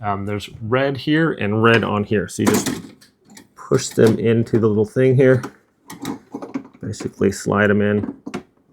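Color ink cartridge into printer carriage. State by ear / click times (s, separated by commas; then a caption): not seated / none. A color ink cartridge for an HP OfficeJet 3830 All-in-One Wireless Color Printer is being slid into the printer carriage slot while someone talks, with a few faint handling taps. The cartridge has not seated or clicked into place yet.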